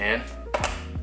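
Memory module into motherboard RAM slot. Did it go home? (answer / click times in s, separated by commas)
yes / 0.5 s, 0.6 s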